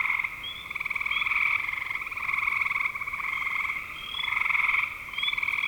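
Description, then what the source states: Continuous frog chorus of rapid pulsed trills rising and falling in loudness, with occasional short ascending chirps above. Recorded in spring 2025.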